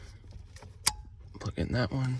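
A plastic wiring harness connector is plugged back into the body control module socket while wiring a Leer truck topper's third brake light and automatic lock and unlock functions. A sharp click at 0.9 s marks it seating firmly, followed by someone talking.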